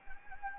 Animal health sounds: mosquito wingbeat signal from an infrared sensor; Anopheles gambiae

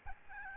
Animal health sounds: mosquito wingbeat signal from an infrared sensor; Aedes albopictus

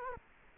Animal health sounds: mosquito wingbeat signal from an infrared sensor; Culex quinquefasciatus

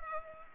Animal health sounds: mosquito wingbeat signal from an infrared sensor; Culex pipiens

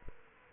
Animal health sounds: mosquito wingbeat signal from an infrared sensor; Aedes aegypti

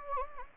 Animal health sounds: mosquito wingbeat signal from an infrared sensor; Anopheles gambiae

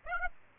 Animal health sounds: mosquito wingbeat signal from an infrared sensor; Aedes aegypti

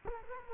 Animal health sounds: mosquito wingbeat signal from an infrared sensor; Culex quinquefasciatus

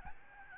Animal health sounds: mosquito wingbeat signal from an infrared sensor; Aedes albopictus

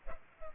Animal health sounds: mosquito wingbeat signal from an infrared sensor; Culex pipiens

